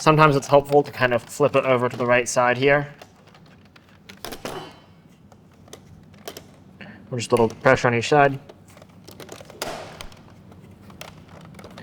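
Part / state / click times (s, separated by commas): CarPlay conversion kit module into its mounting bracket / seated / 9.6 s, 11.0 s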